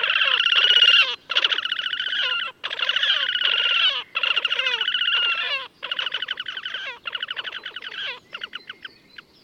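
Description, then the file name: Horned grebe giving loud nasal, squealing trills in long bursts of one to two seconds each, separated by short pauses, softening toward the end. "Krasnoshejnaya poganka - lat Podiceps auritus Patrik berg"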